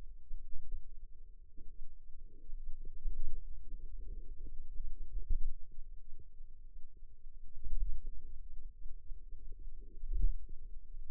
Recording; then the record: forearm muscle sounds (acoustic myography)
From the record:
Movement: pen grasping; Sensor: system 2, bracelet of six BSWA MPA416 microphones around the upper forearm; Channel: 5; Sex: female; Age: 22 years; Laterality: right